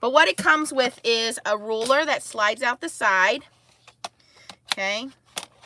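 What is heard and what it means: Someone talks while handling the plastic ruler that slides out the side of a paper trimmer, followed by a few short, light handling taps between about 4.0 and 5.4 seconds. The sliding piece is being pushed or slid toward its locked position, but nothing has seated or clicked yet.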